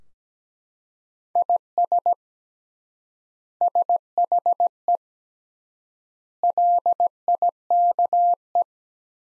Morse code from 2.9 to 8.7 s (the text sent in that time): SHE LIKE